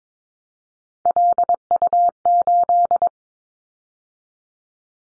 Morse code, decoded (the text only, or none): LU8